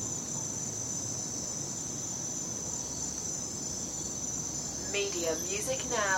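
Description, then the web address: Crickets trilling continuously at a high pitch, joined near the end by a brief burst of rising and falling bird calls. Night recording of crickets, with birds also present. "the sound pack tree. night crickets and birds"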